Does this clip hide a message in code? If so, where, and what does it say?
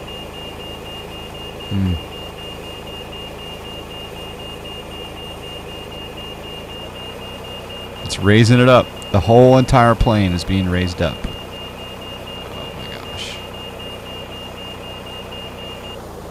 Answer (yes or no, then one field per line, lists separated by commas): no